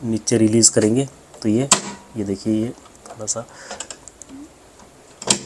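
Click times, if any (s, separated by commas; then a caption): 5.2 s, 5.3 s. A new presser foot is set under the foot holder of a Usha Janome sewing machine with its gap lined up, then the lever is released down. Someone talks while soft handling sounds are heard, and the metal foot snaps onto the holder with sharp clicks at 5.2 s and 5.3 s. The foot seats and locks in.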